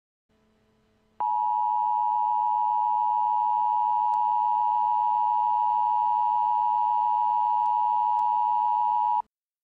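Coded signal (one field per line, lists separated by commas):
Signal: Emergency Alert System (SAME) tones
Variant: 853 and 960 Hz attention tone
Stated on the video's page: Fictional EAS scenario with simulated SAME tones.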